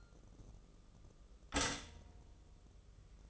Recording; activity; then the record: daily activity, microphone in the room; stop toaster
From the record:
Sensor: 4